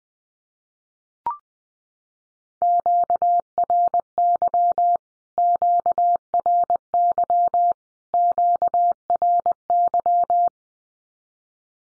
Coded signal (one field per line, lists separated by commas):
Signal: Morse code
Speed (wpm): 20 wpm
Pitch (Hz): 700 Hz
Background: none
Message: QRY QRY QRY